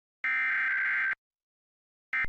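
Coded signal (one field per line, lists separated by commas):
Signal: Emergency Alert System (SAME) tones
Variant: header bursts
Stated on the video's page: Required Monthly Test aired on Philadelphia PBS television station, from an archived recording.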